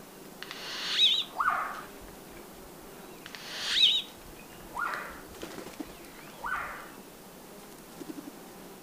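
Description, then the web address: Turquoise jay calling with scattered rasping notes, several spaced a second or two apart, some with a brief whistled inflection. Recorded in Ecuador, South America. "S America Birds of Ecuador Turquoise Jay"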